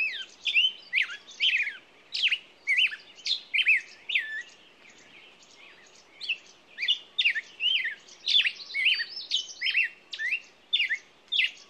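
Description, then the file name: Songbird song: lively bursts of sharp chirps and slurred whistles, repeated about twice a second, pausing briefly near the middle before resuming. Morning songbird chorus, presented as nature ambiance. "Echoes Of Nature-Morning Songbirds"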